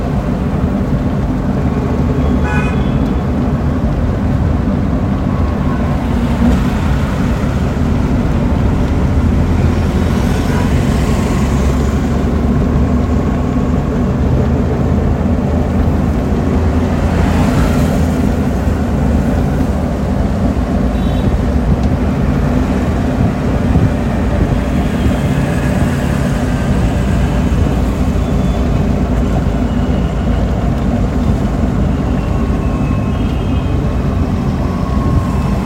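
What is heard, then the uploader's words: A rickshaw ride through Bengaluru in rain, its engine a steady low rumble throughout, with occasional brief horn-like tones and traffic swishes. A rickshaw journey through Bengaluru, India, at dusk, as heavy rain begins to fall.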